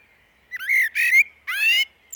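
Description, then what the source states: Common blackbird giving three short, slurred fluty whistles in quick succession. Recorded in a glen.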